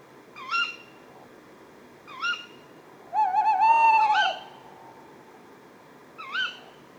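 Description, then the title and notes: Tawny owl: two sharp kewick calls, a long, vibrating, quavering hoot overlapped at its end by another kewick, then one more kewick call. A pair at a pond, Etang de Beaumont, Drôme, France, at 4:30 am on 20 February 2020; recorded on a Nagra Seven with a Telinga Pro7 stereo parabola. "Une chouette nuit. 20 février 2020-4h30-Etang de Beaumont - Drôme. ECOUTEZ NATURE. un couple de Chouette hulotte (Strix aluco)"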